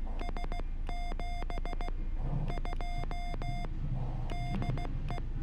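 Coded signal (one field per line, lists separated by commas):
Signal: Morse code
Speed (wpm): 16 wpm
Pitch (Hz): 3500 Hz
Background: none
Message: S 72 DE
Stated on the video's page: YL CW POTA activation at Biscayne National Park using a mast-mounted antenna on a hot day.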